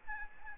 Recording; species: mosquito wingbeat signal from an infrared sensor; Aedes albopictus